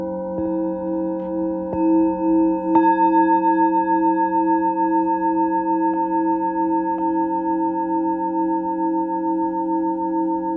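A singing bowl rings with a steady, shimmering drone, its layered tones wavering slowly as they sustain. Light strikes land near the start and again around three seconds, six and seven seconds, each briefly brightening the sound. A low rumble sits beneath throughout.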